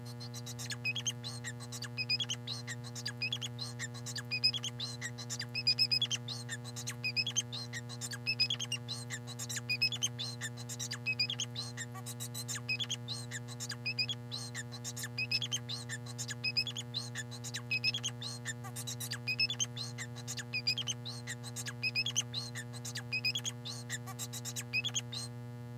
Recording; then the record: song of a male Bengalese finch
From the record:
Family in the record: son of father 4